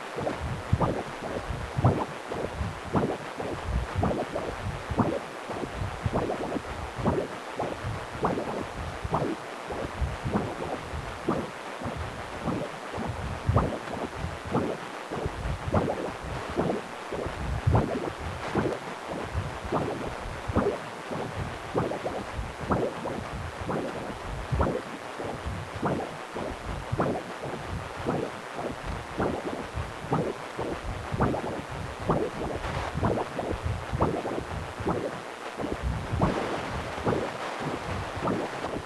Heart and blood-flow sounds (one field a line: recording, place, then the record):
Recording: Doppler ultrasound of blood flow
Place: precordium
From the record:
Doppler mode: continuous wave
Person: healthy adult, 18 to 50 years, no heart murmur, not diving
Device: 2.5 MHz transducer